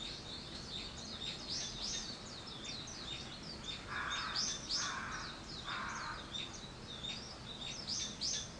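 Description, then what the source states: Bird calls: continuous high twittering, with three harsh, buzzy calls about a second apart in the middle. Wild birds; 21 April 2023.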